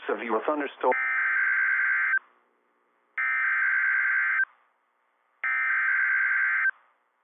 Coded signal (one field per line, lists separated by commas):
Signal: Emergency Alert System (SAME) tones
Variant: header bursts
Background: speech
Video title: REDEFINED MADNESS IV - EAS Alerts from 4/27/26 (EAS #766 - #785)